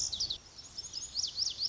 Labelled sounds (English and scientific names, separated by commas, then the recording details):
Lazuli Bunting (Passerina amoena)
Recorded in Sonoma County, California